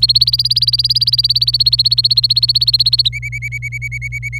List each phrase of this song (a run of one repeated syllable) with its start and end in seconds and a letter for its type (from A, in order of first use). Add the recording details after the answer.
0.00-3.08 A, 3.13-4.39 B. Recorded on 26 April 2018 at 11:36. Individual llb3